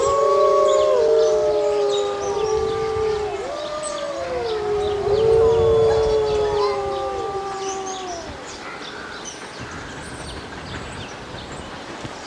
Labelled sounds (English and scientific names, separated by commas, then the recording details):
Gray Wolf (Canis lupus) howling
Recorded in captivity
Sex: diverse
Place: Zoo Berlin, Berlin, DE
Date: 1986-12-30 11:47
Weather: slightly cloudy, bright 5°
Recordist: Tembrock, Günter